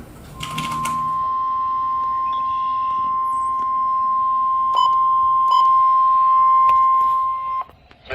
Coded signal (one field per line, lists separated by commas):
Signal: Emergency Alert System (SAME) tones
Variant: 1050 Hz attention tone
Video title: 4 Emergency Alert System captures from 4/30/2022 (TOR x1, SVR x1, SMW x2) KZZ81 Lockport